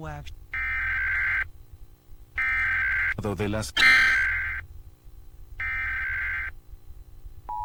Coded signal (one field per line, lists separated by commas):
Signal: Emergency Alert System (SAME) tones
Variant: header bursts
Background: speech